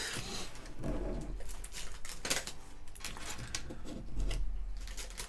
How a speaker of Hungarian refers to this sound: Úgyhogy most fogom az ide kiborított alkatrészeket, és szépen visszarakom a 12-es zacskóba, mert még csak a 11-esnél tartunk.